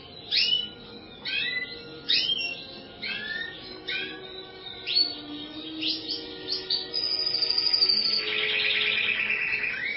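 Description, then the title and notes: Bird song built from sharp downslurred notes repeated about once a second, ending in a sustained buzzy, rattling trill. "Bird Sound. Kicau Burung Lengkap"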